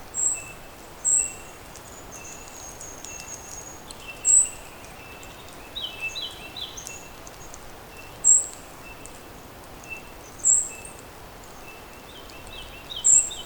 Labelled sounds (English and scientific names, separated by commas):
Golden-crowned Kinglet (Regulus satrapa) call